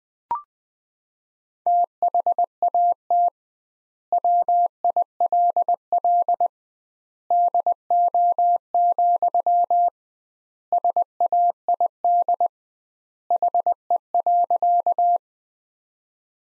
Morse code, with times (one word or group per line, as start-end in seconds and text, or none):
1.7-3.3 THAT
4.1-6.5 WILL
7.3-9.9 DO,
10.7-12.5 SAID
13.3-15.2 HE.